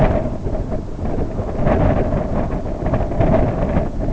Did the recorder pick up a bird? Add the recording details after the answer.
no. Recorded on Arctic tundra, site IGLO-B, on 24 June 2018. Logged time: 01:59